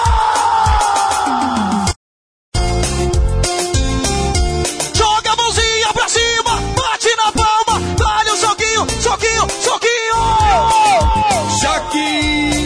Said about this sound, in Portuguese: Quer ver o grito da galera agora?